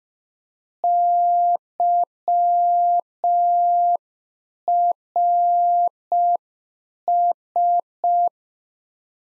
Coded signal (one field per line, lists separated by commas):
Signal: Morse code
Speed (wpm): 5 wpm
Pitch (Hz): 700 Hz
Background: none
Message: YRS